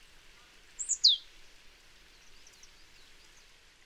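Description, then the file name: Marsh tit giving a brief pair of high, sharp notes slurring steeply downward, followed by quieter faint chips in the background. "Poecile palustris"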